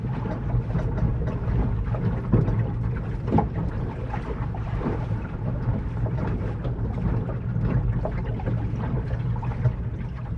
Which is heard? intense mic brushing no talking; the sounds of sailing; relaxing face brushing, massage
the sounds of sailing